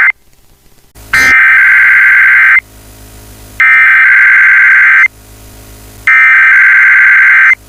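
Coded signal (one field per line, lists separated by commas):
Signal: Emergency Alert System (SAME) tones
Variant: header bursts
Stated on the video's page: EAS tones of the Friday morning weekly tests relayed on two FM stations.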